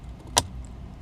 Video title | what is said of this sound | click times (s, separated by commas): HYPTEC HT กรุงเทพฯ - เชียงใหม่ แวะชาร์จ 20 นาที - ประหยัด ชาร์จไว วิ่งได้ไกล นุ่มนวลทุกเส้นทาง | งานเวลาที่เราเอาใส่คืนเนี่ยก็เสียบกลับเข้ามาที่ตำแหน่งนี้นะครับแล้วก็กดตรงนี้กดเข้าไปให้ดังคลิกนะครับให้มันแน่นตัววง | 0.4 s